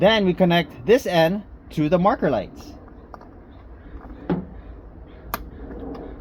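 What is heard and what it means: Someone talks, then plugs the wiring harness end into the marker light connector on a TRD Pro camo fender flare with marker lights. Quieter handling knocks come around 3.1 s and 4.3 s before a sharp snap at 5.3 s, and the connector is seated.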